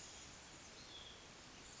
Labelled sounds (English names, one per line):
Hutton's Vireo